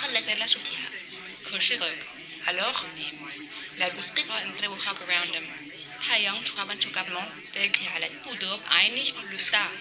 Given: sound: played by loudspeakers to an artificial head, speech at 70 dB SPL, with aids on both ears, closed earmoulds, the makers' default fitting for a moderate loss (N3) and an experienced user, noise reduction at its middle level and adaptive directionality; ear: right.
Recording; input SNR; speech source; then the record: speech test signal (ISTS) in cocktail-party noise; 0 dB; in front (0 degrees)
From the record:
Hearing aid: class 1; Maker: B